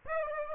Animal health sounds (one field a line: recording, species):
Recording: mosquito wingbeat signal from an infrared sensor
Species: Aedes aegypti